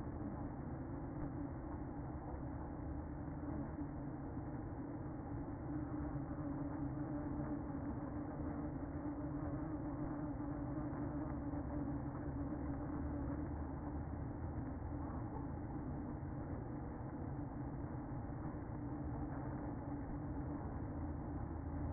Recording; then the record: honeybee colony, microphone inside the hive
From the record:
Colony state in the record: queen present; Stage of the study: after two queens were removed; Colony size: about 60,000 bees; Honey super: yes